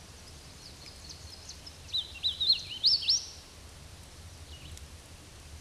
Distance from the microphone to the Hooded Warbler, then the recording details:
about 15 m. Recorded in a Pennsylvania forest on 18 May 2023 at 13:56. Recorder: AudioMoth, point grid1_18_low. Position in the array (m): 154 m, 158 m